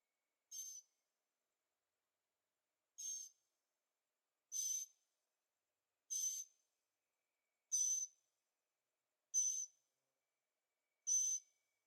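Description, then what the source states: Bird calling with seven short, bright, high notes at fairly even intervals, each a brief buzzy burst around a clear whistled tone, over a silent background. Birds singing at night in Carefree, Arizona; recorded with a Zoom H6 and stereo microphones.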